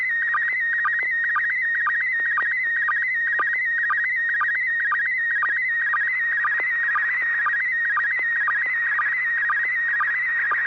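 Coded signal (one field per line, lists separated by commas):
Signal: SSTV (slow-scan television)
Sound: continuous warbling tone shifting in pitch, with a short low blip twice a second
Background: steady low hum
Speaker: so bob at six pgq do you have a picture ready to send go ahead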